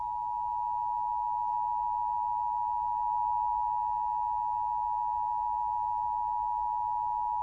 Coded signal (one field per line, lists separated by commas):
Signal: Emergency Alert System (SAME) tones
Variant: 853 and 960 Hz attention tone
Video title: Eas scenario ufo mothership ball